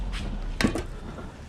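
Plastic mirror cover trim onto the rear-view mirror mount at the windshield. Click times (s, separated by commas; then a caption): 0.6 s. After a windshield replacement on a 2017 Volvo XC90, the plastic rear-view mirror cover trim is pressed onto the mirror mount at the windshield. One sharp plastic snap sounds at 0.6 s, and the trim is seated in place.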